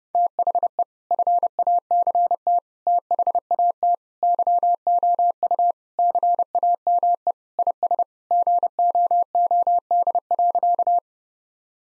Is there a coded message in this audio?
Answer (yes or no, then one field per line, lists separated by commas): yes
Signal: Morse code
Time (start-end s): 0.1-11.0 s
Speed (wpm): 32 wpm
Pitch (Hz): 700 Hz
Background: none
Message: THE FACT THAT YOU CAME IS GOOD.